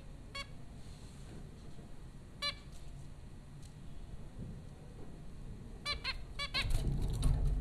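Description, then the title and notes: Zebra finch calls, two lone nasal beeps early, then a quick cluster of beeps near the end over a low steady hum. Zebra finches at Popcorn School, Flatbush, Brooklyn, New York, April 15, 2009. "Dronecast: The Popcorn Finches Four from Apr 15, 2009. Zebra finches recorded by Dan Bodah at Popcorn School, Flatbush, Brooklyn NY in April 2009"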